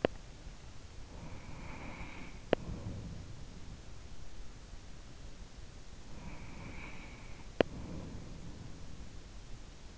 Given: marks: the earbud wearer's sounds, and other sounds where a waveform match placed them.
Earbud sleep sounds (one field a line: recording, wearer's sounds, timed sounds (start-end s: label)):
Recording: sounds in sleep by an in-ear microphone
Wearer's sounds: body movement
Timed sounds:
0.00-0.22 s: body movement
5.89-9.98 s: sound from someone else or the room